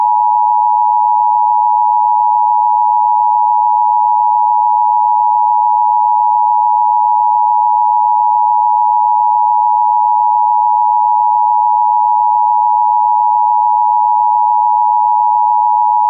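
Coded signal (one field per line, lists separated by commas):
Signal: Emergency Alert System (SAME) tones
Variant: 853 and 960 Hz attention tone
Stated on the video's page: Simulated severe thunderstorm warning alert, based on a real event, not live.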